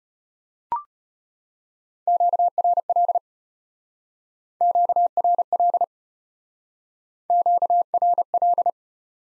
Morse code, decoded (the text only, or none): QRL QRL QRL